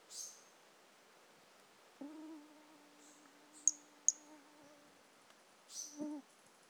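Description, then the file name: Brachycephalus mirissimus toadlet: a pair of sharp high notes midway, between softer high bursts, with a steady low droning tone for several seconds. Individual 01, recorded 18 January 2018; the animal was not collected. "Brachycephalus mirissimus 18 jan 2018 individual 01 ex 02 A E Confetti not collected"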